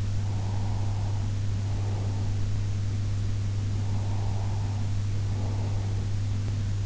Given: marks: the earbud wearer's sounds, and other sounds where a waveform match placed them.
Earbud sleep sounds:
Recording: sounds in sleep by an in-ear microphone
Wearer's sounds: breath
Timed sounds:
0.13-2.62 s: breath
3.67-6.13 s: breath

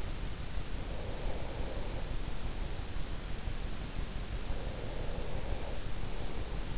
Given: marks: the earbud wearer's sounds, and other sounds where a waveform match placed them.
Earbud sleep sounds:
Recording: sounds in sleep by an in-ear microphone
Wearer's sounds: breath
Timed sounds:
0.59-3.05 s: breath
4.21-6.67 s: breath

